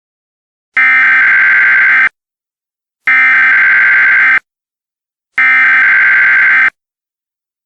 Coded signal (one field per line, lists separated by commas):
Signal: Emergency Alert System (SAME) tones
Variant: header bursts